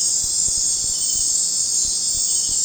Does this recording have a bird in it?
no